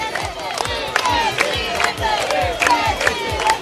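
A large crowd chants "presidente" over and over in a loud, steady rhythm, many voices rising together on each beat with a dense roar filling the gaps between.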